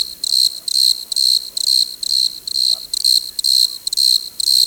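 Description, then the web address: Chorus of desert crickets, high shrill pulses repeated about twice each second, slightly uneven spacing, nothing else prominent. "Dr Sound Effects. Chorus of Desert Crickets"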